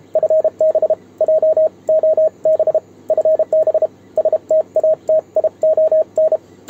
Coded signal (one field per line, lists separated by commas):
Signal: Morse code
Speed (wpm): 32 wpm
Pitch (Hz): 630 Hz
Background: radio noise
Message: FB JOB FB STATION